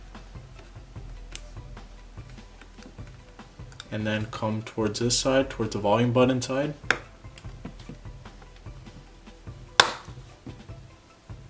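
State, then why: Seated. A replacement screen for an iPhone XS is pressed down into the phone frame, working from the power button side towards the volume button side, while music plays underneath and someone talks. A sharp click at 9.8 s marks the screen tabs snapping in and locking into place, seating the display in the frame.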